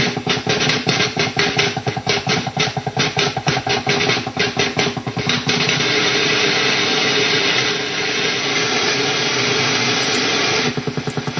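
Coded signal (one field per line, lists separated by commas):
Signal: radar signal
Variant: over-the-horizon radar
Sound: rapid rhythmic tapping buzz of wideband pulses, fading into hiss, then returning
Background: radio static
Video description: I caught this strange OTHR like signal while surfing the websdr site sounding very much like the old classic Russian Woodpecker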